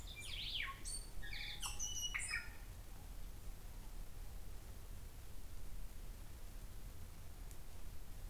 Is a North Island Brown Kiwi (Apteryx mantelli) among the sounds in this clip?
no